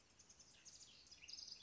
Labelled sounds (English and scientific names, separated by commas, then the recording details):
House Wren (Troglodytes aedon)
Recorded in Sonoma County, California